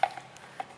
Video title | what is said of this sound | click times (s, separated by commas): 500 utv assembly part 1 | it just pops right into your steering wheel here | 0.0 s, 0.4 s, 0.6 s